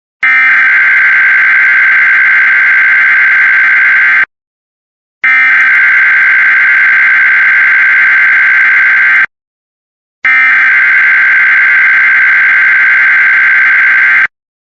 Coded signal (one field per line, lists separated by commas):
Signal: Emergency Alert System (SAME) tones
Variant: header bursts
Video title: (FOUND SAFE) Texas Child Abduction Emergency for missing Hispanic Girl (EAS 88)